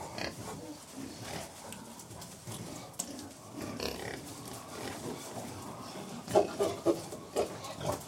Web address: Middle White Pigs, interior, approx 100 pigs feeding very noisily